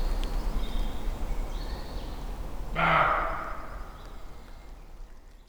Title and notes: Weinschnait, 72639 Neuffen, Deutschland - barking roe deer - bellendes Reh. Ein aufgeschrecktes Reh gibt Schrecklaute von sich